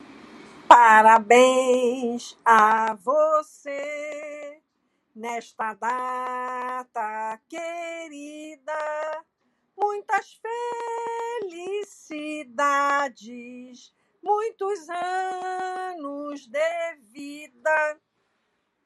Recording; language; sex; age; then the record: short text; Brazilian Portuguese; female; 60 to 69 years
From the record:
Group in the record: control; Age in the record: 66 years